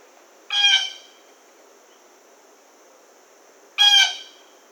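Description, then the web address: Blue jay calling twice, loud harsh jeer notes about three seconds apart, against a faint constant high-pitched hiss. Recorded 1 August 2009. "Blue Jay 2009 08 01 Blue Jay"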